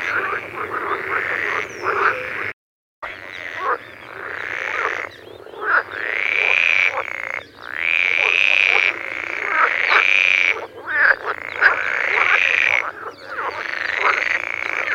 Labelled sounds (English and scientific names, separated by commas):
Marsh Frog (Pelophylax ridibundus)